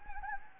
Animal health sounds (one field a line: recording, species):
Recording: mosquito wingbeat signal from an infrared sensor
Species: Anopheles gambiae